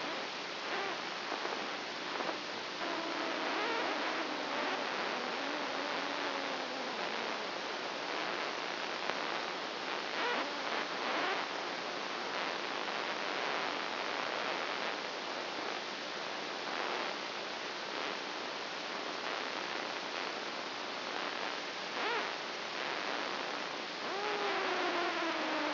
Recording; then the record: brain microelectrode recording played as sound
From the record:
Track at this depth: inside the subthalamic nucleus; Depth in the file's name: 3.004 mm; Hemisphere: right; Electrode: 2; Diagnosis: Parkinson's disease